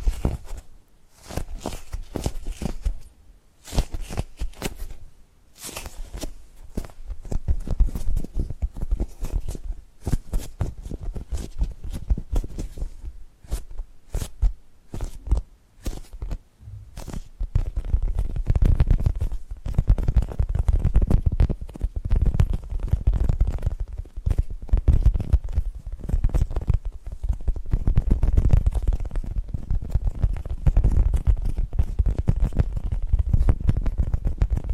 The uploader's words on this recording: ASMR Tapping and Gripping Sounds for Sleep No Talking.